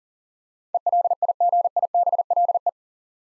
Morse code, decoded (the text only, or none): ELIGIBLE